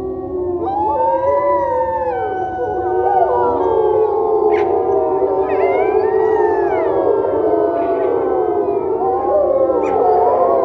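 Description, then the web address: Wolf pack chorus of long, gliding howls layered over one another, some rising and falling steeply, with brief high yelps scattered throughout. A pack of wolves. "best service Blue Box animals wolf pack"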